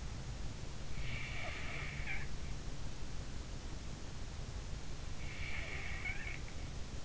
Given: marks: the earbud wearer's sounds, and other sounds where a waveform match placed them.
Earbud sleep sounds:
sounds in sleep by an in-ear microphone; snoring breath
0.96-2.62 s: snoring breath
5.16-6.51 s: snoring breath

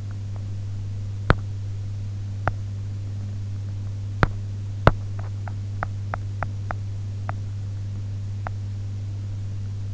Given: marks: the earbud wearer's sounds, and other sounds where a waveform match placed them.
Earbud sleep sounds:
sounds in sleep by an in-ear microphone; teeth grinding
0.00-9.41 s: teeth grinding

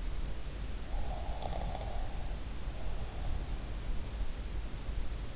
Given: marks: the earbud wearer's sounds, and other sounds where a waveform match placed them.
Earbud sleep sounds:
sounds in sleep by an in-ear microphone; snoring breath
0.99-3.50 s: snoring breath

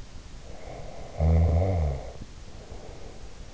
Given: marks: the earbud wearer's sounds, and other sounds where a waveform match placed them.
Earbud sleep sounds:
sounds in sleep by an in-ear microphone; snoring breath
0.37-3.43 s: snoring breath

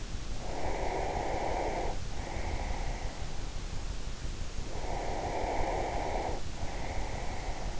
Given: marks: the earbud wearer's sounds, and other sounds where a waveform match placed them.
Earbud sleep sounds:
sounds in sleep by an in-ear microphone; breath
0.34-3.41 s: breath
5.01-7.79 s: breath

